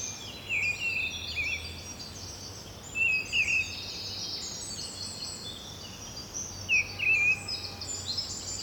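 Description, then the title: Birds singing in a dense chorus of high twittering and trilled phrases, with a few louder sweeping chirps standing out at irregular intervals over a soft background hum. Bird ambience at Rue du Rossignol, Seneffe, Belgium; recorded with Sony PCM-D100 internal microphones. "Rue du Rossignol 7, 7180 Seneffe, Belgique - Birds ambience"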